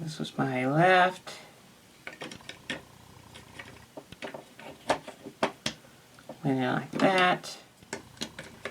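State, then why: Not seated. While reassembling a 1980s handheld 3D game, a plastic piece is handled and pressed toward the game's housing, producing a series of small plastic clicks and taps between stretches of someone talking. The piece has not snapped into place yet; nothing has seated or clicked home by the end of the clip.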